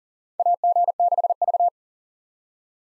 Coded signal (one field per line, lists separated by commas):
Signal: Morse code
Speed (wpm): 37 wpm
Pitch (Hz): 700 Hz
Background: none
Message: AG6V